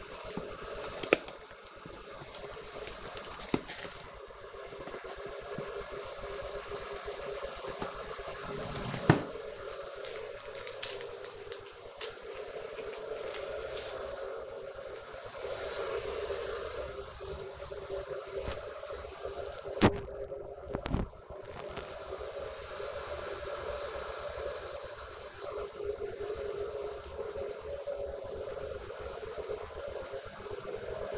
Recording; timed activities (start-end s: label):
household activities, microphone on the right wrist
0.00-31.18 s: making tea